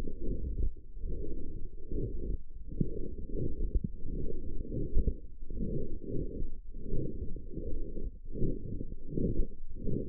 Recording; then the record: forearm muscle sounds (acoustic myography)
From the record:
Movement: forearm supination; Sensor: system 1, eight BSWA MPA416 microphones around the upper forearm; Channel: 6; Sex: female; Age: 20 years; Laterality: right